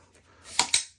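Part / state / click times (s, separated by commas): adjustable buttstock on the rifle's buffer tube / seated / 0.6 s, 0.7 s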